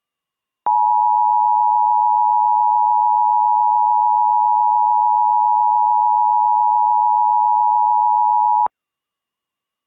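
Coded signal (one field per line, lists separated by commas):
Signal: Emergency Alert System (SAME) tones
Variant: 853 and 960 Hz attention tone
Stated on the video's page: Mock Required Weekly Test alert, made with an on-hold queue recording taken from elsewhere.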